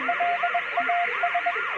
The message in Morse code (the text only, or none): LAS